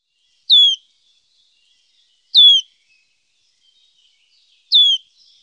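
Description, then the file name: Wood warbler calls: three single high, down-slurred piping notes, roughly two seconds apart, with silence between. "Gronsangare"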